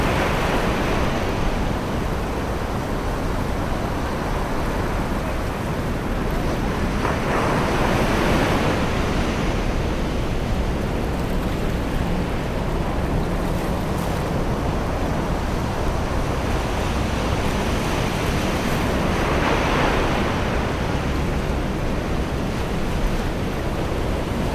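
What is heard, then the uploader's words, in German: Surf at a beach rolls on as a steady, dense roar weighted toward the low end. Two broader swells brighten and hiss, around seven to nine seconds and again near twenty, with a brief flicker around fourteen. Wind rumble runs underneath throughout. Sommerliche Gelassenheit am Strand.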